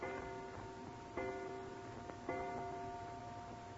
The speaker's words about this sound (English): And you're still wondering about it as you hear the clock striking in the front hall.